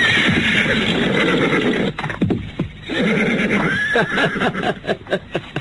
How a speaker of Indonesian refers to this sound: Hei, kawan-kawan, ada seekor kuda di sini.